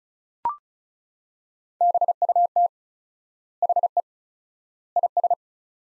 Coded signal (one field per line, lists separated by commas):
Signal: Morse code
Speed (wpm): 36 wpm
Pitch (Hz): 700 Hz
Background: none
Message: BUT HE IS